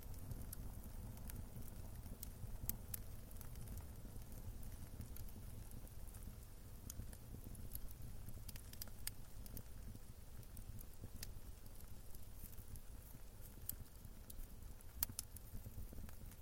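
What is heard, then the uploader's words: A fire burns with a steady low roar and rumble throughout. Sharp crackles and pops break out irregularly across the whole stretch, a few every second, some louder snaps standing out near the three, nine and fifteen second marks. Fire Soundscapes from Around the World.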